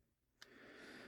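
During a transformation of a plastic action figure, the second arm is swung around on the vehicle body, repeating what was done on the first arm, until it pegs into its tabs. A single short plastic tick sounds at 0.4 s, followed by a steady higher hiss of handling. The arm panel clicks into place and is seated.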